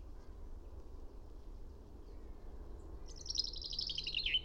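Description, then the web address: Finch song: a quick, high, trilled phrase that starts abruptly and drops in pitch toward its end, following a quiet stretch with steady low rumble. "fugl b-finke"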